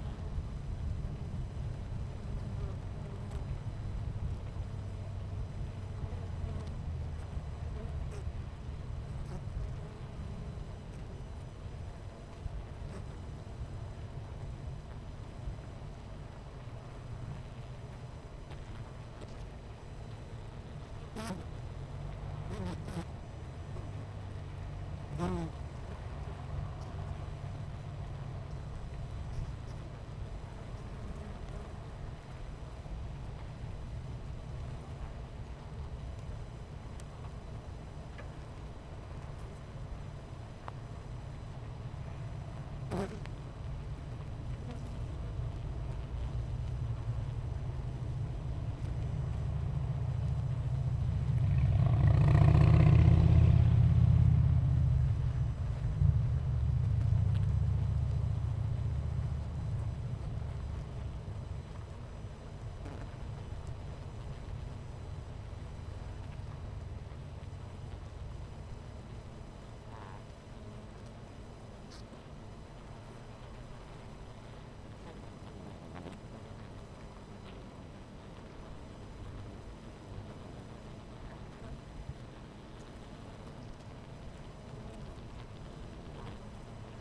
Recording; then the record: honeybee colony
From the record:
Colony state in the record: missing queen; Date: 14 July 2017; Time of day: 10:57